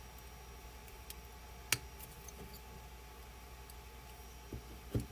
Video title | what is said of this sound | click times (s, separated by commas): Blokees Star Wars Galaxy 01 Live Unboxing & Building | Just push that in until you hear a click. | 1.7 s